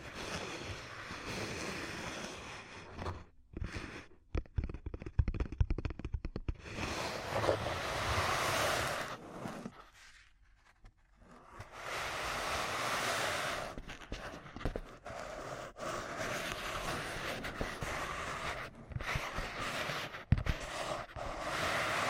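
Ear cupping triggers make a muffled, rushing hush that swells and drops, with soft thumps and brief near-silent gaps around four and eleven seconds.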